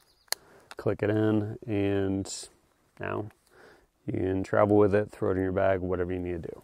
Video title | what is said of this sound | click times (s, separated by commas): The Whole Enchilada Knife Sharpener | this side is a notch, on that side it's open, so we can push it out, flip it over, click | 0.3 s